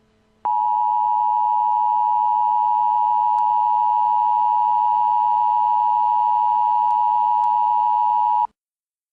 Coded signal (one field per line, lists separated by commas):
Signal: Emergency Alert System (SAME) tones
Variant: 853 and 960 Hz attention tone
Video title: Emergency Alert System: September 11th, 2001